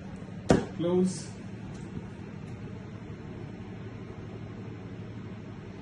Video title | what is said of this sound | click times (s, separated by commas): Franke A800 coffee machine cleaning process (part-2) | it should click in on the spot. | 0.5 s